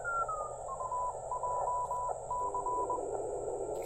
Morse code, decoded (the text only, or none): TJC